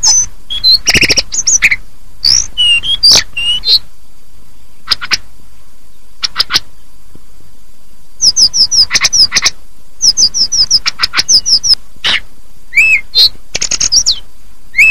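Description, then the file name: Hill blue flycatcher singing fast runs of high whistled notes, some rising and some falling, between bursts of dry clicking and rattling, with a pause midway. "tledekan atau sulingan"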